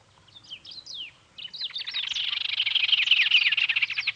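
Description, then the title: White-rumped tanager song: scattered high slurred notes at first, then building into a quick, rattling stream of chirps that grows louder toward the end. Nominate subspecies Cypsnagra hirundinacea hirundinacea. "LuckyPassaro Completos2Sama. White-rumped Tanager (Cypsnagra hirundinacea hirundinacea)"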